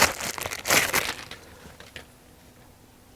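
A new hood lift strut for a 2019 Chevy Silverado truck hood is picked up and turned to find its top and bottom before fitting. Loud crinkly handling noise fills the first second and a half, with a few sharp ticks near 1.3, 1.8 and 2.0 seconds before it fades to quiet. Nothing has seated or clicked yet.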